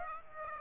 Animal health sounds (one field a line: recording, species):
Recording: mosquito wingbeat signal from an infrared sensor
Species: Aedes aegypti